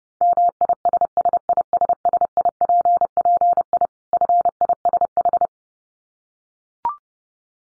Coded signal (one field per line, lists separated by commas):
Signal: Morse code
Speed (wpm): 30 wpm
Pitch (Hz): 700 Hz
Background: none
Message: MISSISSIPPI FISH